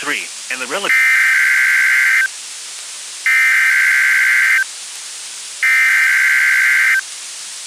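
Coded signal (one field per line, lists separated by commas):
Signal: Emergency Alert System (SAME) tones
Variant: header bursts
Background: speech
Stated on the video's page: NOAA Weather Radio weekly tests.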